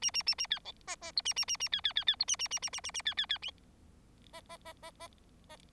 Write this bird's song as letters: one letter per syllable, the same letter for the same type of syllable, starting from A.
A A A A B C D D E A A A A B B B B E A A A A A A A B B B D